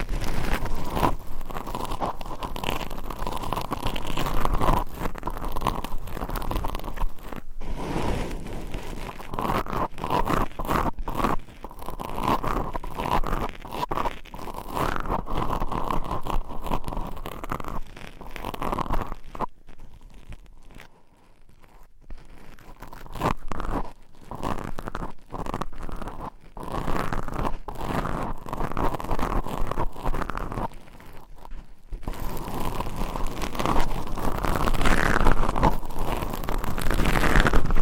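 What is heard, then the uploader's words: Long nails scratch across a microphone in a dense, continuous rasp with a steady midrange hiss and rough crackle. The scratching runs without pause except for a softer, thinner stretch around 19 to 23 seconds and brief dips near 31 seconds. No voice is heard. ASMR Mic Scratching - Brain Scratching Hypnotic Asmr No Talking for Sleep with Long Nails.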